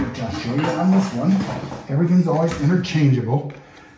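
A plumber handles the adjustable plastic fill valve body on a Kohler toilet tank fill valve, getting ready to push it back together and lock its height lock at the set height inside the toilet tank. Someone talks throughout, with faint plastic handling noises underneath. Nothing has seated or clicked into place yet.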